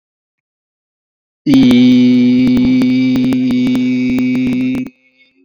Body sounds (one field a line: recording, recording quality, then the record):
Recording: sustained vowel as in beet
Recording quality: excellent, no background noise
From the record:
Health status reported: healthy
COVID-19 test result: not tested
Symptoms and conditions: none ticked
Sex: male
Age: 29 years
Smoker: not ticked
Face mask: worn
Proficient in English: yes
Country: India